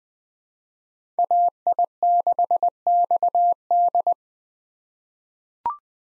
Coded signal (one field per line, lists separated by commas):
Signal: Morse code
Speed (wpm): 20 wpm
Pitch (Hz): 700 Hz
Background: none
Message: AI6XD